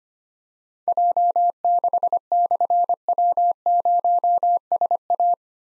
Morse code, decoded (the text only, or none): J6/W0SA